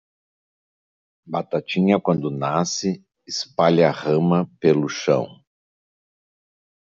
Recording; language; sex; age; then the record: short text; Brazilian Portuguese; male; 60 to 69 years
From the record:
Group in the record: control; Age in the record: 63 years